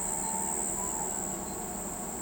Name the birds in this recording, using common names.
none